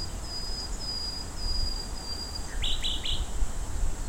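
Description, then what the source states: Common nightingale song: a run of steady high whistles for about two seconds, then three quick rising notes, over a constant low rumble and a thin high hiss. Recorded at Fort Vechten on 1 May 2026.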